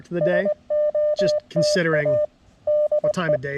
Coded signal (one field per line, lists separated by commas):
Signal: Morse code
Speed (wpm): 20 wpm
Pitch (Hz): 600 Hz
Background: speech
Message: SOTA DE